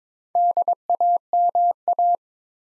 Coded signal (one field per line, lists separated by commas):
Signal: Morse code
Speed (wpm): 22 wpm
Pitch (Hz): 700 Hz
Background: none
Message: DAMA